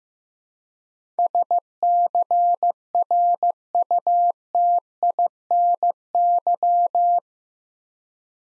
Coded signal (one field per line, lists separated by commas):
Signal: Morse code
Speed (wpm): 15 wpm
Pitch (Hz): 700 Hz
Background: none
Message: SCRUTINY